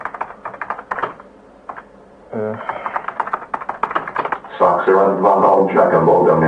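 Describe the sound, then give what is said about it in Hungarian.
A speech synthesizer in the Write program reads out a typed Hungarian greeting with English pronunciation after Enter is pressed, in choppy, clipped syllables with a flat, mechanical tone that grows louder and steadier toward the end. “amikor nyomsz egy Enter-t neki, akkor lehet hallani. Mondjuk írjuk, hogy sokszor üdvözöljük a modem idők hallgatóit. Angolul fogja szegényként kimondani.”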